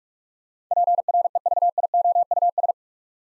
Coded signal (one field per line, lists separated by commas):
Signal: Morse code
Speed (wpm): 42 wpm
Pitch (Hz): 700 Hz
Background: none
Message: PREVIOUS